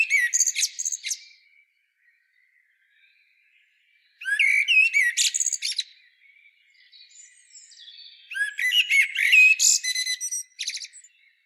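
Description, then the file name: Common blackbird delivering three phrases of warbled whistles ending in scratchy high twitters, with faint thin notes in the pauses. "Turdus merula"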